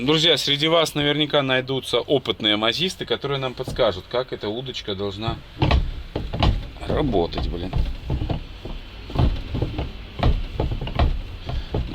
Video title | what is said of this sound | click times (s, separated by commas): Маз простоял 15 лет в воинской части на хранении!!! Запустится ли мотор??? | Zut, on dirait qu'elle ne s'enclenche pas. | none